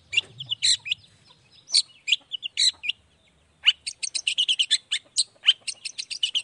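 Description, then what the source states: Long-tailed shrike song: scattered sharp notes, then a quick run of high chattering notes. Cendet in full 'gacor' song in the morning with 'toet toet' sound variation, played to make other shrikes respond quickly.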